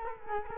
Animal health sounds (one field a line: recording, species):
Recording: mosquito wingbeat signal from an infrared sensor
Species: Culex quinquefasciatus